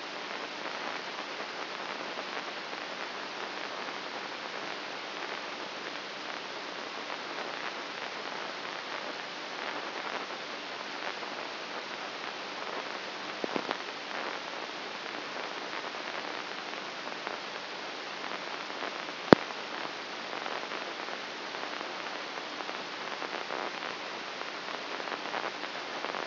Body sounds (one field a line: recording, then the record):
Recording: brain microelectrode recording played as sound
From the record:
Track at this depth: inside the subthalamic nucleus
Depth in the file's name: 2.24 mm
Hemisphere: right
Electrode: 2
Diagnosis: Parkinson's disease